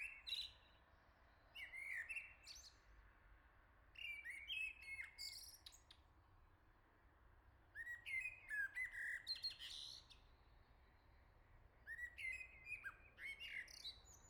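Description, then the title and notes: Common blackbird singing a string of short fluted phrases, each closing with scratchy high twitters, repeated every few seconds. Song close by in the morning, greeting the first day of summer; La Jarrie, France; MixPre-6 II recorder, MKH40/30 mid-side microphones. "Le Merle salue l'été, La Jarrie, France. Quel Sol!!!! pour saluer l'arrivée de l'été ce matin! Merci Jolie Merle de tes vocalises à proximité!"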